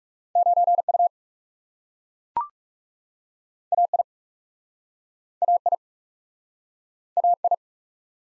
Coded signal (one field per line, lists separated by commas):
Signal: Morse code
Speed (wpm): 40 wpm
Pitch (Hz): 700 Hz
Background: none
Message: 9 U A I A I A I